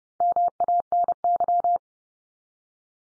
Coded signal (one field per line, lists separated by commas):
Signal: Morse code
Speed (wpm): 29 wpm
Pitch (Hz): 700 Hz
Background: none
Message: MANY